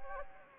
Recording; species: mosquito wingbeat signal from an infrared sensor; Anopheles gambiae